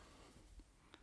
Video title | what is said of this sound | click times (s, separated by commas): Installing A91 spoiler on my 2021 Supra | push this way and it they clip in okay and then there's our four | 0.9 s